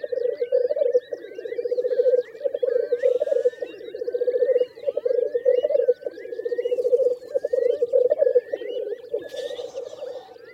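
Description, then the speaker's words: Black grouse bubbling display, a continuous low, rolling, cooing chorus, with other birds calling and singing higher above it. Bubbling displays every morning at spring dawn on heather moor uplands in England. "a few black grouse, and their bubbling displays are a constant backdrop to a spring dawn."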